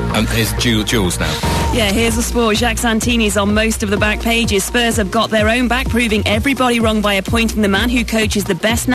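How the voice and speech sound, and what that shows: Clear, fluent adult speech at a brisk broadcast pace from a radio presenter reading the sports headlines on Radio 1; no voice or speech disorder.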